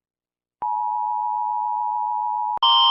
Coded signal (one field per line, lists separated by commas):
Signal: Emergency Alert System (SAME) tones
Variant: 853 and 960 Hz attention tone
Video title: List of eas alarms that I animated